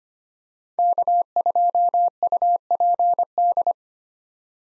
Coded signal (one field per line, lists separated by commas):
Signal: Morse code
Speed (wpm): 25 wpm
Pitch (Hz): 700 Hz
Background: none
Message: K2UPD